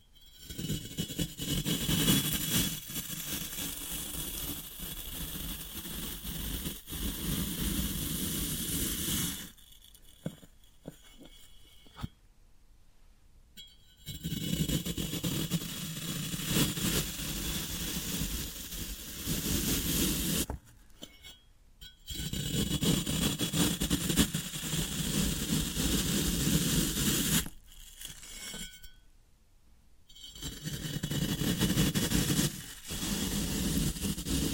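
Floral foam is worked in long, dense stretches of gritty, crumbling friction, with a low rumbling body under a bright hiss. The sound breaks off in short pauses around 10, 12 to 14, 21 and 28 to 30 seconds, then resumes just as steadily.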